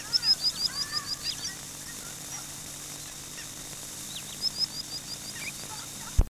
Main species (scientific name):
Actitis hypoleucos